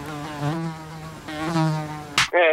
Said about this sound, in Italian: Lo conosco, la zanzara.